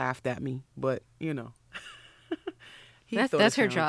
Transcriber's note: laughs